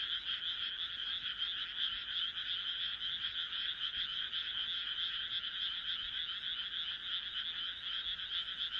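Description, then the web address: Frog chorus heard as a continuous buzzing drone of overlapping croaks, steady in loudness, individual notes mostly blurred together. "kaeru kaeru"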